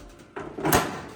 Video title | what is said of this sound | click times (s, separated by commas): Comment changer l'allumeur de son poêle à pétrole Qlima ou Tectro en 5 minutes ? | une fois que vous avez entendu c'est que c'est bon | 0.4 s